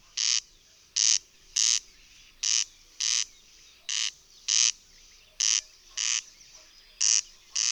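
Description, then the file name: Corn crake calling with a dry, grating crex-crex rhythm, paired rasps repeated steadily against a quiet background. "Derkacz"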